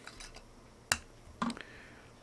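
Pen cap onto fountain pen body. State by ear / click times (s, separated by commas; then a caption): seated / 0.9 s. A cap is pushed back onto a Jinhao Ebony Jewel fountain pen with a steel nib and a plastic or resin body, and it snaps shut with a sharp, bright click at 0.9 s. A few softer clicks and taps follow around 1.4–1.6 s. The cap is seated.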